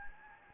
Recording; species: mosquito wingbeat signal from an infrared sensor; Anopheles gambiae